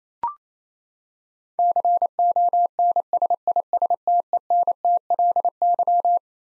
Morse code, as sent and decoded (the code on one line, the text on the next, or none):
-.-. --- -. ... .. ... - . -. - .-.. -.--
CONSISTENTLY